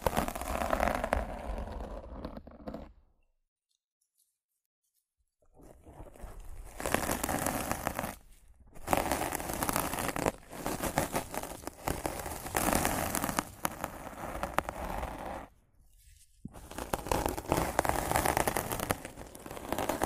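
Rough scratching and brushing against a microphone, a dense, crackling rasp that fills the range from low rumble to bright hiss. It comes in bursts separated by dead silence near 3 to 5.5 seconds, a brief drop around 8.5 seconds, and another gap near 16 seconds.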